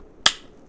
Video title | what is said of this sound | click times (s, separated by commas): Qooltek Self Leveling Laser Level | and it has a nice click there to let you know that it is closed I love something that clicks like that | 0.3 s